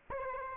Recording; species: mosquito wingbeat signal from an infrared sensor; Aedes aegypti